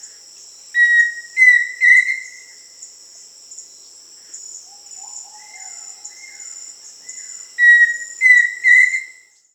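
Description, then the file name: Pheasant cuckoo repeated whistled phrases of three notes, the later ones slightly higher, given twice with softer whistles between, against a constant shrill insect drone. Recorded in Peru, Amazon region. "Pheasant Cuckoo (Dromococcyx phasianellus), Peru"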